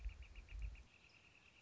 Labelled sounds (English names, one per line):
Northern Flicker